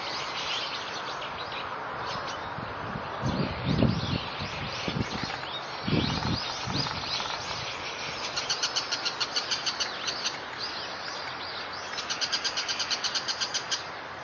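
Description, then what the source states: Bull-headed shrike calling in quick runs of sharp high notes in the second half, after several low thumping sounds early on. Bull-headed shrike's high-pitched call, mozu no takanaki in Japanese; recorded 27 October 2013.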